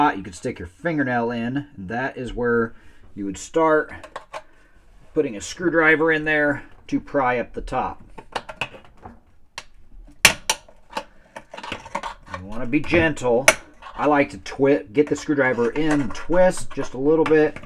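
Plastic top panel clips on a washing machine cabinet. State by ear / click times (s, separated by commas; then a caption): released / 10.2 s, 10.5 s. Someone talks while a screwdriver is slipped under the plastic top panel of an LG Waveforce top-load washing machine and gently twisted to pry up the cabinet clips, as part of replacing the clutch hub assembly. Two sharp pops at 10.3 s and 10.5 s mark the top panel clips popping loose and releasing.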